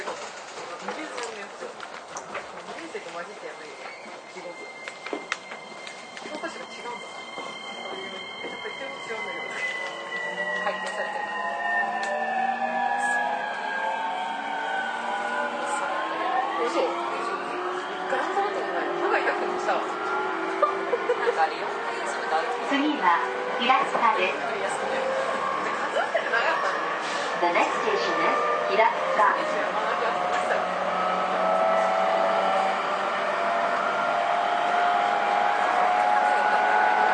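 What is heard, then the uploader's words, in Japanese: An electric commuter train pulls away and accelerates, its motors whining in several pitched tones that slide upward, with a shift in the whine around the middle. The sound grows steadily louder over the run, over a steady rolling rumble and scattered clicks. JRE231系 伊東〜横浜。区間は伊東線→東海道線です。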